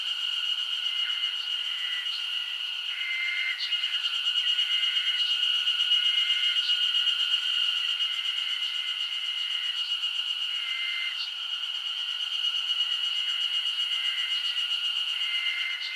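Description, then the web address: Long stretch of insect chorus: a relentless high drone with irregular brief lower tones and sporadic clicks, loudness holding fairly even throughout. Summer insect ambience recorded in Japan. "Sound Effects-Foundation 1 AMBIENCE JAPANESE SUMMER INSECTS 01"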